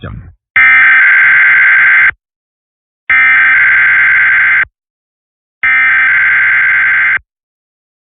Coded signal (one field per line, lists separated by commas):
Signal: Emergency Alert System (SAME) tones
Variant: header bursts